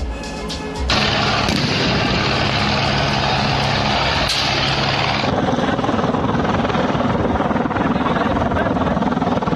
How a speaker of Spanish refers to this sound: Los primeros en llegar a la valla metálica que divide México y Estados Unidos fueron recibidos con balas de goma y gas lacrimógeno, mientras que helicópteros estadounidenses sobrevolaban el área.